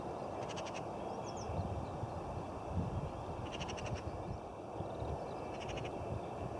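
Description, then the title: Eurasian magpie giving short, harsh machine-gun rattles three times, spaced a few seconds apart, against heavy low rumbling noise. Elegant bird with an unpleasant song. "Pie bavarde"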